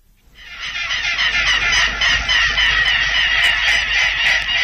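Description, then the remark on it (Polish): A family of six swans, adults and four young, calls on ponds in Wielołka in Poland's Opole region in a dense, continuous chorus of high, honking and chattering notes that swells in after a brief quiet start and holds steady, with no talking. “Łabędzia rodzina, która mieszka na stawach w Wielołce na Opolszczyźnie,”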